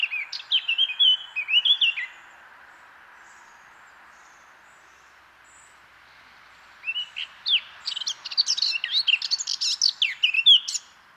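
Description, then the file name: Eurasian blackcap singing a short scratchy warble, falling silent for several seconds, then a second, more excited burst of jumbled, high chattering notes. "Sylvia atricapilla"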